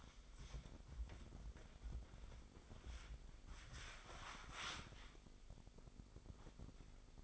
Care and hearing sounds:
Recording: daily activity, microphone in the room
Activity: wipe stove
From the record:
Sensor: 5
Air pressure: 996.2 hPa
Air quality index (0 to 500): 96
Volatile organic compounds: 6 ppm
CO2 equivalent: 1840 ppm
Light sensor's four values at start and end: 34/78/33/36 and 35/83/34/36

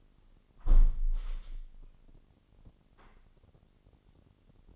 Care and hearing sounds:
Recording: daily activity, microphone in the room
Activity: close window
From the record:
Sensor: 4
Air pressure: 998.7 hPa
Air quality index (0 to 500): 114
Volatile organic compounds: 2 ppm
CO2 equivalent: 1120 ppm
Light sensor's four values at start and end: 10/24/9/10 and 10/24/9/10

